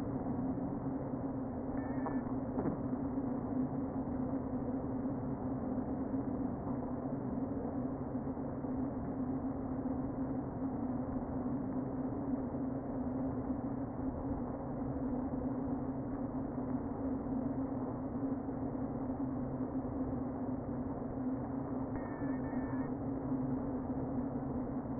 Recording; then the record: honeybee colony, microphone inside the hive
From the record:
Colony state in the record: queen present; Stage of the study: before two queens were removed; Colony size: about 60,000 bees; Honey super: yes